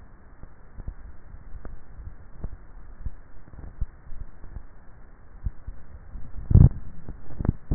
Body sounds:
swallowing sounds by neck microphone; 2
1.75-2.48 s: swallow
5.62-6.72 s: swallow
From the record:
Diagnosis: dysphagia

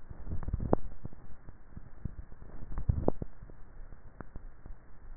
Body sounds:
swallowing sounds by neck microphone; 2
0.28-0.85 s: swallow
2.65-3.08 s: swallow
From the record:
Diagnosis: dysphagia

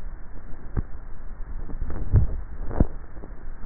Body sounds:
swallowing sounds by neck microphone; 1
1.85-2.75 s: swallow
From the record:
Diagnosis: dysphagia

